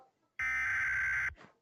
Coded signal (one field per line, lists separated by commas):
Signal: Emergency Alert System (SAME) tones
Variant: header bursts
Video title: Watching more EAS Scenarios